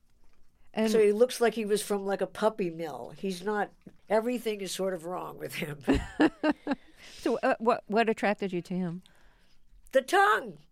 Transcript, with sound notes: And...
So he looks like he was from like a puppy mill. He's not - everything is sort of wrong with him.
(Laughter). So what attracted you to him?
The tongue.